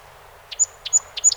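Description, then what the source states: Song sparrow song notes: three paired phrases, each a short burst followed by a clear high whistle, the last ending in a rougher note. 48 songs, 7 June 2018.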